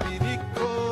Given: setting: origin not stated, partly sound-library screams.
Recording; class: one-second piece from a danger detection set; normal situation